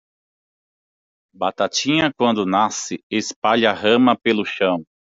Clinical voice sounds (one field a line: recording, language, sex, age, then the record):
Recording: short text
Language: Brazilian Portuguese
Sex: male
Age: 40 to 49 years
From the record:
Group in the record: control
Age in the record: 42 years